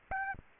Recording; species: mosquito wingbeat signal from an infrared sensor; Aedes albopictus